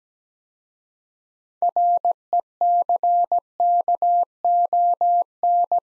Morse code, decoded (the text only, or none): RECKON